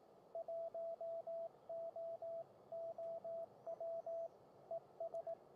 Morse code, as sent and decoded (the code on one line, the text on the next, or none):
.---- --- --- .-- / . ...
1OOW ES